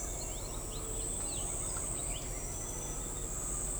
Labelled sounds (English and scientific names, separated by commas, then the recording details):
Carib Grackle (Quiscalus lugubris), Blue-gray Tanager (Thraupis episcopus)
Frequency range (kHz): Carib Grackle (Quiscalus lugubris) 3.4-4.6 kHz; Blue-gray Tanager (Thraupis episcopus) 2.4-5.4 kHz
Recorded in forest near Pivijay, Magdalena, Colombia, on 2 June 2023 at 06:30
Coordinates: 10.467, -74.380
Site Z5-G034